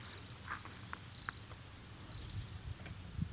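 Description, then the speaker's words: Long-tailed tit alarm calls: high, thin, buzzy trills in three short bursts about a second apart, with faint lower chirps and a low rumble beneath. Alarm call heard in mid-April in Västerhankmo; the listener thought it sounded like a grasshopper or a grasshopper warbler; the alarm goes on for a long time. "Det är en stjärtmös som varnar. Det var stjärtmösens varningsläte."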